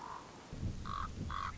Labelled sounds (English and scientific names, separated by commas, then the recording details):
Common Raven (Corvus corax)
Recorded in Sonoma County, California